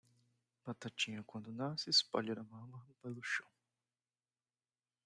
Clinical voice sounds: short text; Brazilian Portuguese; male; 20 to 29 years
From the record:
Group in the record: control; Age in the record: 27 years

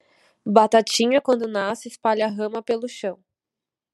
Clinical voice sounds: short text; Brazilian Portuguese; female; 20 to 29 years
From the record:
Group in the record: control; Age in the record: 23 years

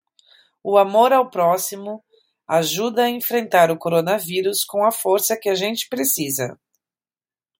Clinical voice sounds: spoken sentence; Brazilian Portuguese; female; 40 to 49 years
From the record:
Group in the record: control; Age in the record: 40 years

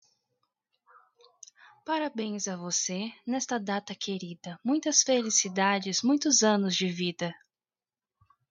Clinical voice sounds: short text; Brazilian Portuguese; female; 20 to 29 years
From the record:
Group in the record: control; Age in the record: 24 years

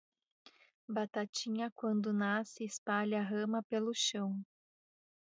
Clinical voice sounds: short text; Brazilian Portuguese; female; 40 to 49 years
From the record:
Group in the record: control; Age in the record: 40 years

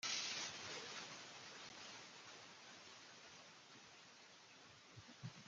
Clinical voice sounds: spoken sentence; Brazilian Portuguese; female; 20 to 29 years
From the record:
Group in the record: control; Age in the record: 20 years

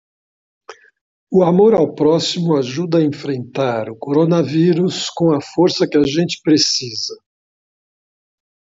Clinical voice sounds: spoken sentence; Brazilian Portuguese; male; 70 to 79 years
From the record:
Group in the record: control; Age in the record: 70 years

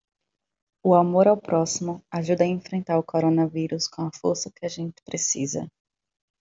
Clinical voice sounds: spoken sentence; Brazilian Portuguese; female; 20 to 29 years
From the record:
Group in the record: control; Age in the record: 29 years

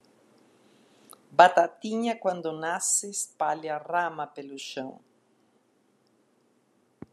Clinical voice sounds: short text; Brazilian Portuguese; female; 60 to 69 years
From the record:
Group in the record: control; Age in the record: 62 years

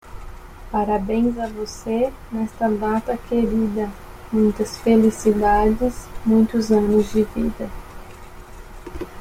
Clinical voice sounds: short text; Brazilian Portuguese; female; 30 to 39 years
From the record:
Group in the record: control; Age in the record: 31 years

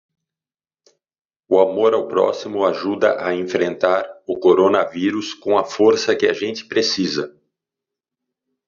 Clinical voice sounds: spoken sentence; Brazilian Portuguese; male; 40 to 49 years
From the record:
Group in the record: control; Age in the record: 49 years

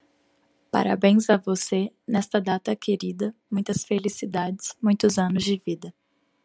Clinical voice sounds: short text; Brazilian Portuguese; female; 20 to 29 years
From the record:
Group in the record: control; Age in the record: 25 years

